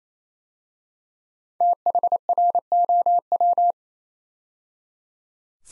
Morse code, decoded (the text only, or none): THROW